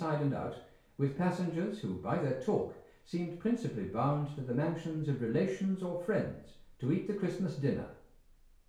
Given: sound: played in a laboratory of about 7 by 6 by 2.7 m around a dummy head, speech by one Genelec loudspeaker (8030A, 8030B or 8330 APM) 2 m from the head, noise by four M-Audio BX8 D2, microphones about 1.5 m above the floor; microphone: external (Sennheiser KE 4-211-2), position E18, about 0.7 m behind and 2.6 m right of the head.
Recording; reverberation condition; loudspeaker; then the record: male speech in English; medium; 90 degrees to the right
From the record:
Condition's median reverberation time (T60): about 510 ms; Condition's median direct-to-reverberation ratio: about -0.5 dB